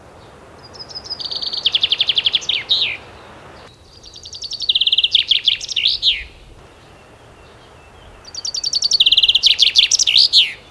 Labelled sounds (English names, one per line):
Common Chaffinch song